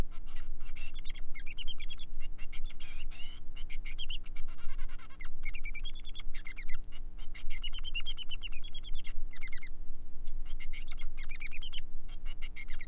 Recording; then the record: song of a male Bengalese finch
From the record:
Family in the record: son of father 3